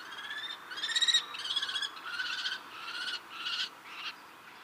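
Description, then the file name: Common kestrel calling in a near-continuous run of rasping, buzzy screeches that rise and fall in loudness, some notes drawn out and grating. "Tornfalk"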